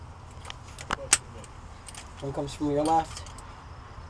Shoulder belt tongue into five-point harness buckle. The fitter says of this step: pops in right here